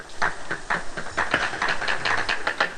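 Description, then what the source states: Walrus knocking: a rapid, steady series of dull knocks over background hiss. Telltale knocks captured by underwater acoustic recorders in the Bering Strait region.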